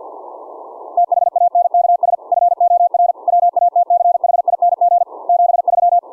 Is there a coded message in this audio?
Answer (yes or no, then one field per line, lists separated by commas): yes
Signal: Morse code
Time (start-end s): 1.0-6.0 s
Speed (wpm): 50 wpm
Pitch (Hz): 700 Hz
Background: none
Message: THANKS FOR WATCHING 73